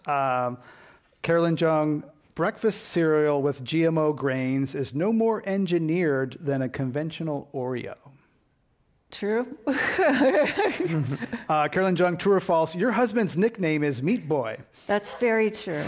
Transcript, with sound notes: Carolyn Jung, breakfast cereal with GMO grains is no more engineered than a conventional Oreo?
True? [Laughs]
Carolyn Jung. True or false, your husband's nickname is meat boy?
That’s very true.